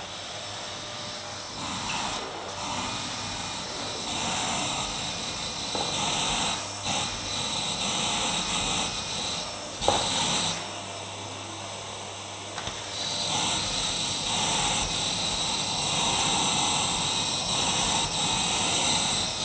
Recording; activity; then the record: daily activity, microphone in the room; vacuum cleaning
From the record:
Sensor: 3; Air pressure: 999.2 hPa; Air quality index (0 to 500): 203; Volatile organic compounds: 50 ppm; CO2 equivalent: 3301 ppm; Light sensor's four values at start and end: 7/17/7/6 and 7/14/6/6